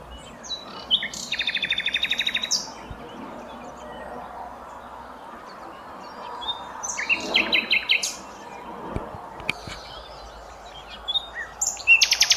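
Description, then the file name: Common nightingale singing bursts of rattling trills and sharp chips between quiet gaps, with a few clicks in the background. "Luscinia megarhynchos"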